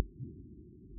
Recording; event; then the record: neck accelerometer signal played as sound; no cough (speech, laughter, throat clearing or background)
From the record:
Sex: female